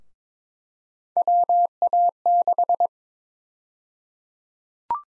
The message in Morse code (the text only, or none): WA6